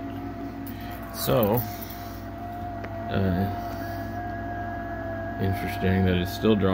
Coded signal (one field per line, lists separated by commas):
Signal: FT8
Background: speech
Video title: FT891 ft8 demo,dx contact w HI8RMQ. ft891 current draw on rx shown